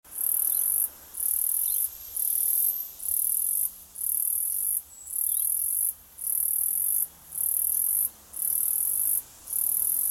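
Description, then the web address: Cicada buzzing call: a shrill, high buzz pulsing on and off in roughly one-second bursts with short gaps, repeated steadily. Australia. "insect aus cicada"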